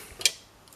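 A magnetized arm is pressed onto a plastic model kit and snaps onto its magnet with a sharp, bright click at 0.3 s, preceded by a faint tick just before it. A couple of quiet ticks follow near the end, and the arm is seated.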